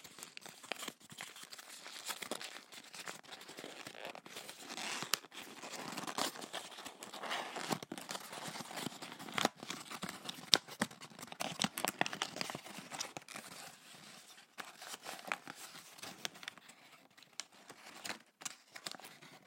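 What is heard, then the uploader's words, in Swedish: Paper being handled for ASMR, with dense crinkling, rustling and crumpling that runs without a break through the whole piece. The sound is bright and papery, made of quick irregular crackles and sharper snips or tears, with brief quieter gaps near 15 seconds. I detta specialavsnitt så är det lite papper ASMR.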